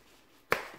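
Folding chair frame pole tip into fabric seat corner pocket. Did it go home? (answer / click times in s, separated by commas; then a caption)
yes / 0.5 s. On a Helinox Ground Chair folding camp chair, a wrongly assembled corner is fixed by pushing the aluminium frame pole tip into the fabric seat's corner pocket. It goes home with a single sharp snap at 0.5 s, after near silence. The pole end is now firmly seated.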